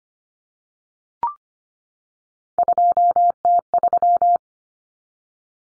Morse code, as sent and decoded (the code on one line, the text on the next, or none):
..--- - ...--
2T3